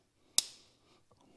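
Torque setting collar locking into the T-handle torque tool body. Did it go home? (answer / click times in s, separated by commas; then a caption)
yes / 0.4 s. The torque setting collar of a Pro Bike Tool T-handle torque tool is pulled out, turned to a new value and released, and it snaps locked into the tool body at 0.4 s with a sharp, bright click that rings out briefly. Two much fainter ticks follow at about 1.1 and 1.2 s, and the collar is seated.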